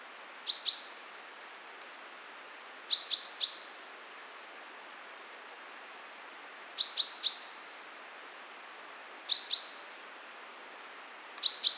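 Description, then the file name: Common chaffinch uttering crisp, metallic high notes in clusters of two or three, spaced a few seconds apart, over a faint steady hiss. "Fringilla coelebs"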